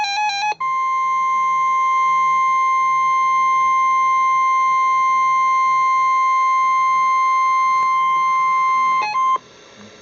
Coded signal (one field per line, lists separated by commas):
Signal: Emergency Alert System (SAME) tones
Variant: 1050 Hz attention tone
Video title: REAL Civil Danger Warning!!! (EAS #66) 2/2/11